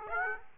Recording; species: mosquito wingbeat signal from an infrared sensor; Aedes aegypti